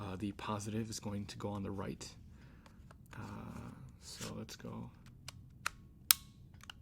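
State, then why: Seated. Someone talks, then the right Joy-Con controller is slid down the plastic side rail of a Nintendo Switch handheld console with a few faint scrapes and ticks. It locks into place with a sharp, distinct click at 6.1 s, and the controller is confirmed seated.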